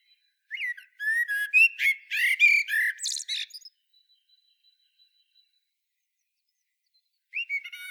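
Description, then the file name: Common blackbird song: a long phrase of mellow warbled whistles running into rapid high twittering notes, with a new phrase starting after a pause. "Turdus merula"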